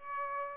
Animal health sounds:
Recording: mosquito wingbeat signal from an infrared sensor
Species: Aedes aegypti

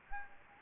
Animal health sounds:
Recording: mosquito wingbeat signal from an infrared sensor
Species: Anopheles gambiae

